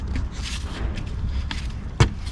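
The third engine wiring connector on a 2013 Kia Optima is snapped into its mount during a P1326 knock sensor replacement. Over low handling and rustling noise, a sharp click is heard at 1.5 s. The connector is seated.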